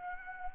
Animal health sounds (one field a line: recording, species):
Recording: mosquito wingbeat signal from an infrared sensor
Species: Anopheles gambiae